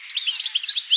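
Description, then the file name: European goldfinch twittering, a quick run of bright, tinkling chirps at high pitch with no low sounds. "Carduelis carduelis"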